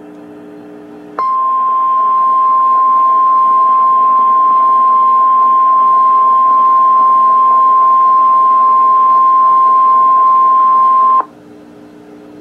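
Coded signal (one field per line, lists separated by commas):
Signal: Emergency Alert System (SAME) tones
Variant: 1050 Hz attention tone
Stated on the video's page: NOAA weather radio alerts.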